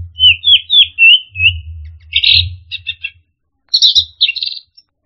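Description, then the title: Orange-headed thrush song: a run of quick slurred whistles, then buzzy chattering notes and a bright warbled phrase, over an intermittent low rumble. "anis merah"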